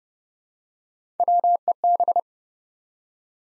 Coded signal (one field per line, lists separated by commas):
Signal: Morse code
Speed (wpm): 30 wpm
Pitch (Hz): 700 Hz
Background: none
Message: WEB